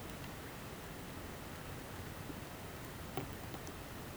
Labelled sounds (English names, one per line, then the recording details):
none
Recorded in pastures near Puerto Asís, Putumayo, Colombia, on 21 March 2025 at 15:30
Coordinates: 0.486, -76.323
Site G075